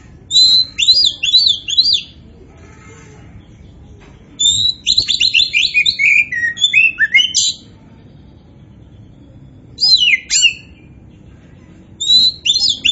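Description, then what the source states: Oriental magpie-robin song in four separate bursts of high, varied whistles and scratchy chattering notes, with quiet pauses between them. Kacer poci type of Oriental magpie-robin, described as gacor (singing vigorously and continuously).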